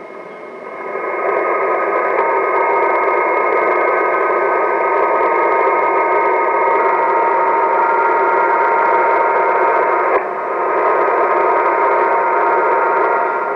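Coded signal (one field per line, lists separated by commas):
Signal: PSK31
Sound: several faint warbling narrow tones at once over steady shortwave hiss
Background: radio static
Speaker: This is what it sounds like when you're listening to PSK. I'll turn it up a little bit here.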